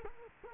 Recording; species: mosquito wingbeat signal from an infrared sensor; Culex quinquefasciatus